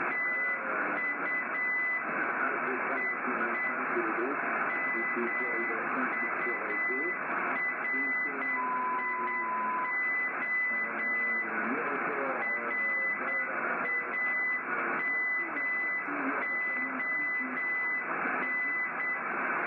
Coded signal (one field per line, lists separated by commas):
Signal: Morse code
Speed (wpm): 8 wpm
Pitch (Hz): 2000 Hz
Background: speech, radio noise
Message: TU EE MURIO RAMON